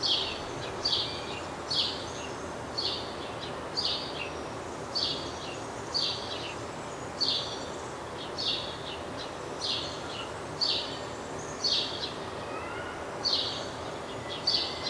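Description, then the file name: House sparrow calling with a string of short chirps roughly every second, fairly steady, against constant low background hiss. "Passer domesticus"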